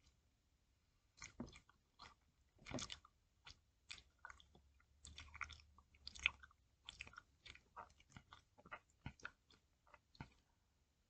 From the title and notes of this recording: I ate some air heads extremes using my new blue yeti mic! Eating air heads extremes.